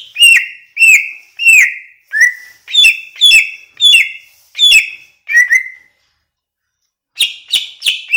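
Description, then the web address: Greater green leafbird song: a steady series of clear whistles, then a brief silence before a fresh rapid phrase. Banyuwangi; described as gacor (singing persistently). "cucak-ijo suara-cucak-ijo-banyuwangi-gacor"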